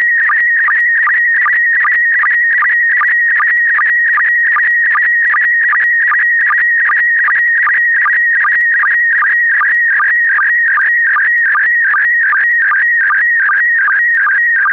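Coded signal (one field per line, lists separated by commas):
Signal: SSTV (slow-scan television)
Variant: PD50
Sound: steady warbling high tone with short low blips about two and a half times per second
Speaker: Tot zover het nieuws van vandaag. Volgt nu dus het iets langere grote SSTV-plaatje in kleur in de mode PD50 en daarna de mossen.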